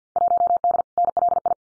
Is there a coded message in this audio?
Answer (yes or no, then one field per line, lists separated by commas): yes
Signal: Morse code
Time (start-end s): 0.2-1.5 s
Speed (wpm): 50 wpm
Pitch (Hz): 700 Hz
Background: none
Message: 1D NLI